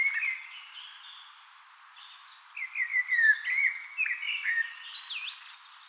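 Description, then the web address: Eurasian blackbird singing one long, varied, mellow warble with rising and falling fluted notes. It ends in higher squeaky twitters. Singing on 18 April 2025. "paivat 18 4 2025 keltanokkarastas laulaa"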